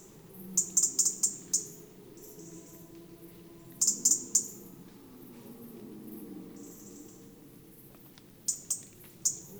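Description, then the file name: European robin ticking: bursts of sharp, high clicks, three to five at a time, separated by pauses of a few seconds, against a low background rumble. "Erithacus rubecula"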